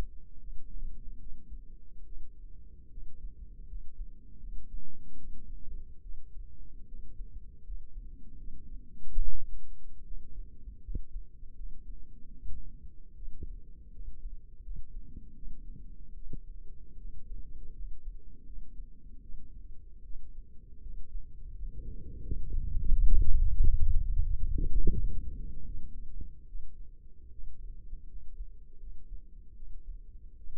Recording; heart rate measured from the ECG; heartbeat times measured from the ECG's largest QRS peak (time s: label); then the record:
heart sounds by microphone in the left ear; 78 bpm
0.39 s: heartbeat
1.19 s: heartbeat
2.05 s: heartbeat
2.90 s: heartbeat
3.67 s: heartbeat
4.39 s: heartbeat
5.17 s: heartbeat
6.02 s: heartbeat
6.86 s: heartbeat
7.63 s: heartbeat
8.37 s: heartbeat
9.19 s: heartbeat
10.04 s: heartbeat
10.82 s: heartbeat
11.55 s: heartbeat
12.33 s: heartbeat
13.15 s: heartbeat
13.91 s: heartbeat
14.62 s: heartbeat
15.35 s: heartbeat
16.14 s: heartbeat
16.97 s: heartbeat
17.74 s: heartbeat
18.45 s: heartbeat
19.21 s: heartbeat
20.03 s: heartbeat
20.81 s: heartbeat
21.54 s: heartbeat
22.22 s: heartbeat
22.88 s: heartbeat
23.55 s: heartbeat
24.23 s: heartbeat
24.93 s: heartbeat
25.65 s: heartbeat
26.47 s: heartbeat
27.31 s: heartbeat
28.07 s: heartbeat
28.78 s: heartbeat
29.55 s: heartbeat
30.37 s: heartbeat
From the record:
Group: healthy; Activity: rest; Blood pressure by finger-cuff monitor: 130/73 mmHg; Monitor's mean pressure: 89 mmHg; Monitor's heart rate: 78 bpm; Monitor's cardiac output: 6.7 L/min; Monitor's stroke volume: 87 mL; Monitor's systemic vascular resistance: 970 dyn s/cm5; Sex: female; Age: 22 years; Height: 160 cm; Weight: 63 kg